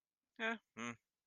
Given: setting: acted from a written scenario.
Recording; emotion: vocal sound without words; neutral